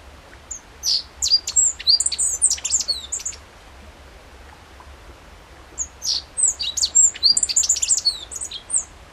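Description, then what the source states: Godlewski's bunting sings two short phrases of high, thin, quick chirps and slurred notes, each about three seconds, separated by a few seconds of quiet. Recorded on 14 June 2012.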